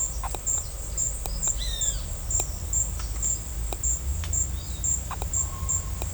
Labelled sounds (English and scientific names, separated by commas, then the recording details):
Great Kiskadee (Pitangus sulphuratus)
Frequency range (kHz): Great Kiskadee (Pitangus sulphuratus) 1.3-6.7 kHz
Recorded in secondary vegetation near Puerto Asís, Putumayo, Colombia, on 16 December 2024 at 16:00
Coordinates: 0.499, -76.323
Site G010